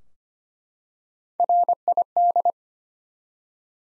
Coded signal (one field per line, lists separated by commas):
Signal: Morse code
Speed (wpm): 25 wpm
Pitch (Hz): 700 Hz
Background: none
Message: RID